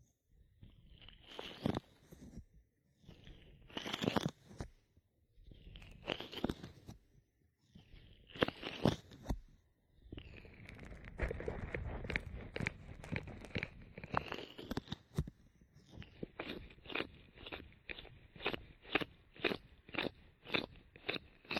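An ear massage, with crisp, crunchy rubbing strokes in bursts roughly every second. Around the middle the rubbing becomes denser and fuller, with a deeper rumble underneath. In the last few seconds it settles into quick, even strokes.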